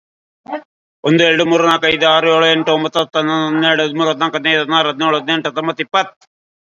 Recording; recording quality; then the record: counting at a fast pace; excellent, no background noise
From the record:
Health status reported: COVID-19 positive, no symptoms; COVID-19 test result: positive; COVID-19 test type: RT-PCR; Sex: male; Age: 38 years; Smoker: no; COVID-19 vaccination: both doses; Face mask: worn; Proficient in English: no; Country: India